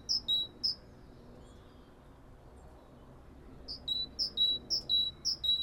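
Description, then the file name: Great tit repeating its see-saw two-note phrase twice, falling quiet for about three seconds, then delivering a run of several more evenly spaced phrases. "acclivity greattit"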